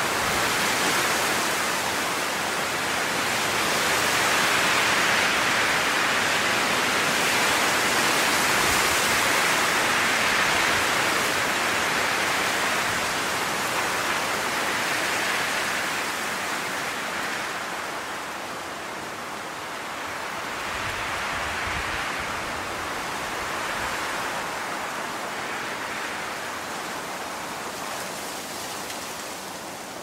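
Wind blows steadily through trees in a dense, hissing rush that swells slightly early on, then eases and softens toward the end.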